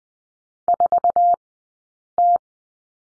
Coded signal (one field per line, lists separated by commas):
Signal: Morse code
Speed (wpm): 20 wpm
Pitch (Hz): 700 Hz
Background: none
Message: 4T